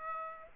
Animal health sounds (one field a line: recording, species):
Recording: mosquito wingbeat signal from an infrared sensor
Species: Aedes aegypti